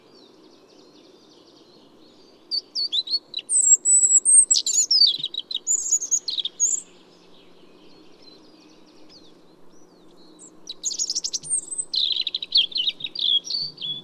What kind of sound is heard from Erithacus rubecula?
song